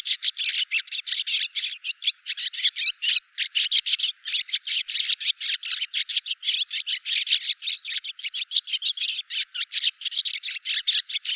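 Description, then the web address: Barn swallow giving a dense, scratchy twitter of rapid buzzy notes, run together almost without pause for the whole stretch. "hirundo rustica call"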